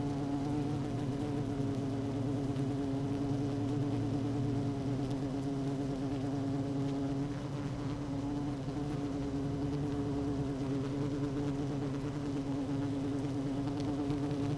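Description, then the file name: Honey bees humming steadily, a long unbroken buzzing drone with trembling overtones and a faint deeper rumble underneath. Queen bee in hive 1, recorded 12 June 2018 at 16:30. "Hive 1 12 06 2018 Queen Bee H 1 audio 16 30 00"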